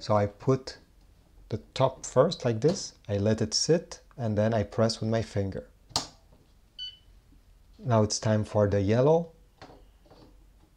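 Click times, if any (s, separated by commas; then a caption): 6.0 s. Someone talks while a black ink cartridge is placed top first into the print head holder of a Canon Pixma TR8620a/TR8622 printer, left to sit, then pressed with a finger. It clicks sharply into place at 6.0 s, followed by a faint high beep, and the cartridge is seated. The person keeps talking afterward.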